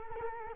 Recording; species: mosquito wingbeat signal from an infrared sensor; Culex quinquefasciatus